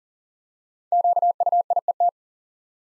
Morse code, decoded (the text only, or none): QUIET